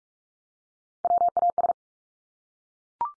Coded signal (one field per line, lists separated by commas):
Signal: Morse code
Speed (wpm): 44 wpm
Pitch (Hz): 700 Hz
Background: none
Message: WAS